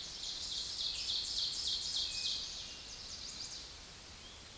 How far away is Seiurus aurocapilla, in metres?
about 35 m